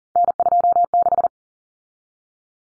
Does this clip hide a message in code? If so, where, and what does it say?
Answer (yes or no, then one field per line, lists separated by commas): yes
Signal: Morse code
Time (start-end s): 0.2-1.3 s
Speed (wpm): 40 wpm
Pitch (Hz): 700 Hz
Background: none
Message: N26